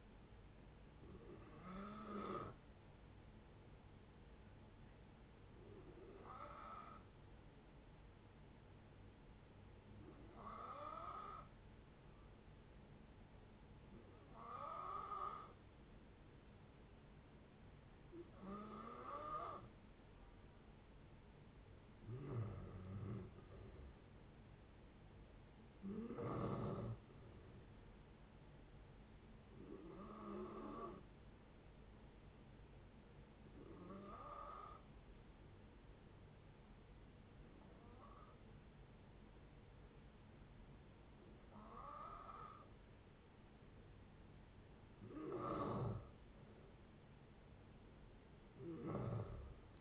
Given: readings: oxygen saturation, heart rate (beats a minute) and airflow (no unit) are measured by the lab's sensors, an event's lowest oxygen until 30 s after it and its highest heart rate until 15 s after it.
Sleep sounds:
breathing in sleep by a voice recorder at the bedside; 2
4.00-21.80 s: hypopnea (N1, oxygen 95% highest, then 89% lowest)
28.00-49.81 s: new sleep stage, N2 (light sleep)
32.00-45.80 s: hypopnea (N2, oxygen 94% highest, then 89% lowest)
From the record:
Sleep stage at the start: N1 (lightest sleep); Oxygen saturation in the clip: 89 to 95%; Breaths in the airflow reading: 13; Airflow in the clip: -6.6 to 8.0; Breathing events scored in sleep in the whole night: 496 in 5.4 hours asleep

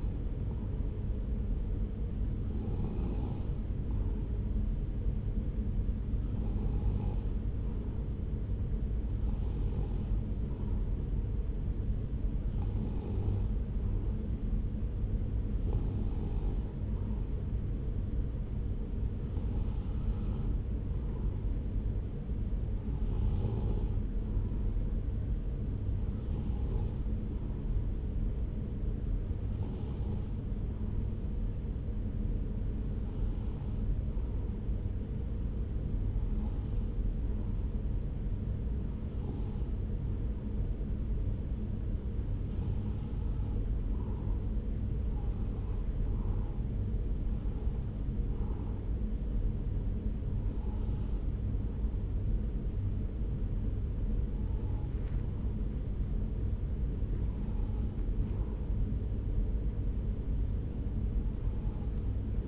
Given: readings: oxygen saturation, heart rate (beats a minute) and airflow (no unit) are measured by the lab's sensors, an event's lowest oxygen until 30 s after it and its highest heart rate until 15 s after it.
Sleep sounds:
breathing in sleep by a smartphone at the bedside; 1
31.00-46.20 s: hypopnea (N2, oxygen 95% highest, then 94% lowest)
From the record:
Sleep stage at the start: N2 (light sleep); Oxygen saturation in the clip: 93 to 95%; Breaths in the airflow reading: 20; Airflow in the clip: -2.4 to 2.2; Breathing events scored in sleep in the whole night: 335 in 6.7 hours asleep

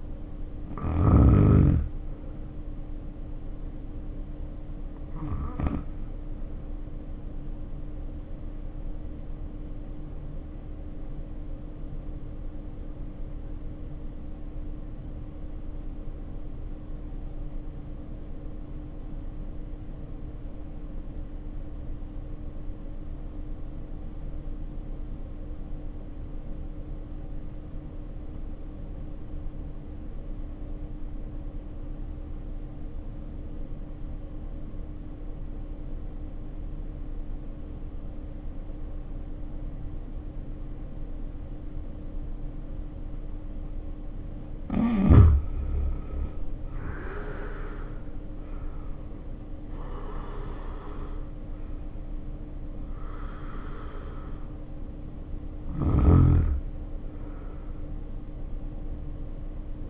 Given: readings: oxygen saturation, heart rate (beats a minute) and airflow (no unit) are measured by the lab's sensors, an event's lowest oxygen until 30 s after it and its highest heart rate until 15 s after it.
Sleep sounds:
breathing in sleep by a smartphone at the bedside; 1
9.00-47.90 s: obstructive apnea (N1, oxygen 95% highest, then 72% lowest, heart rate 55 at the start, 78 highest)
From the record:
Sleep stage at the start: N1 (lightest sleep); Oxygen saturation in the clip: 75 to 95%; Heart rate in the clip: 54 to 78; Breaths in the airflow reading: 7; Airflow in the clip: -2.5 to 3.5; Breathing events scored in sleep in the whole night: 520 in 7.2 hours asleep

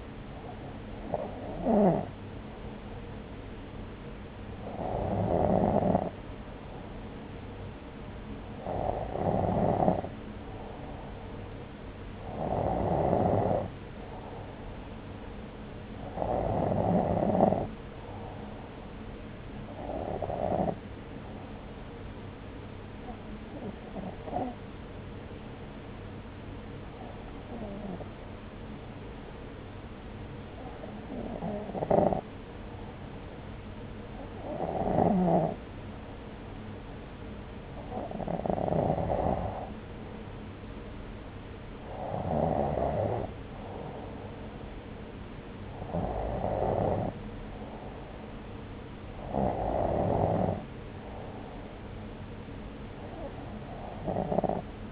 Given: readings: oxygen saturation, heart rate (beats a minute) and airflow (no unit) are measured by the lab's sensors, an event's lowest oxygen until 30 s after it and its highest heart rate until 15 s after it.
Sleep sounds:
breathing in sleep by a voice recorder at the bedside; none
none scored
From the record:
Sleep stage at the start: N2 (light sleep); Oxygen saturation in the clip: 93 to 94%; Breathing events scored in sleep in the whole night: 303 in 8.1 hours asleep

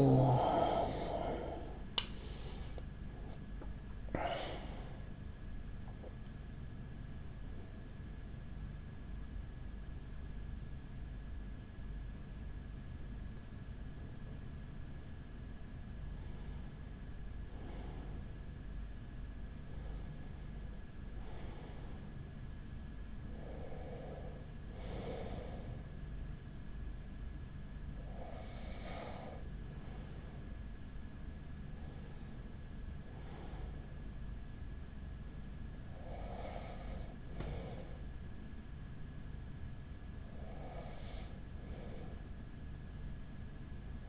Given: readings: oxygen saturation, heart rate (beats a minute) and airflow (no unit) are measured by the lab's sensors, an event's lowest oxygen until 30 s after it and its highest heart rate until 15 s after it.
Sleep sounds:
breathing in sleep by a smartphone at the bedside; 1
0.00-17.00 s: awake
10.00-23.60 s: hypopnea (scored as awake, oxygen 97% highest, then 93% lowest)
12.00-44.09 s: new sleep stage, N1 (lightest sleep)
From the record:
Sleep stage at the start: awake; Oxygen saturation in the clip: 93 to 97%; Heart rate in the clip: 40 to 77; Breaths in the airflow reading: 9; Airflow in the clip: -8.5 to 9.4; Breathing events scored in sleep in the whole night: 207 in 7.6 hours asleep

